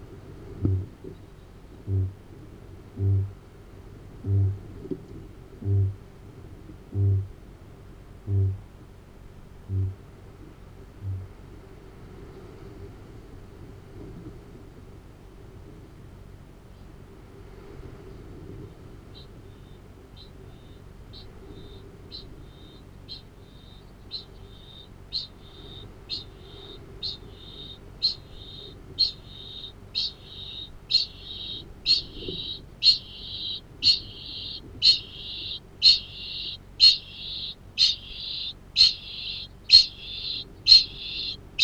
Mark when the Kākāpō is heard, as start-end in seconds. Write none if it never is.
0.36-10.14, 10.61-11.59, 19.00-41.64